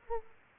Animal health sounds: mosquito wingbeat signal from an infrared sensor; Aedes aegypti

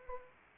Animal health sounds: mosquito wingbeat signal from an infrared sensor; Anopheles arabiensis

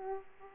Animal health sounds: mosquito wingbeat signal from an infrared sensor; Aedes aegypti

